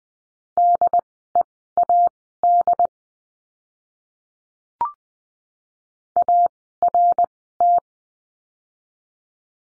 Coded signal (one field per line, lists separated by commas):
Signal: Morse code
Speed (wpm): 19 wpm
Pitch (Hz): 700 Hz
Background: none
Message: DEAD ART